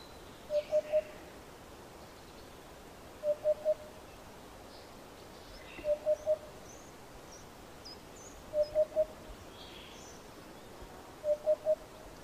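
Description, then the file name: Eurasian hoopoe repeating soft, hollow three-note 'oop-oop-oop' phrases roughly every two and a half seconds, five phrases, while other small birds chirp faintly in the background. "Abubilla"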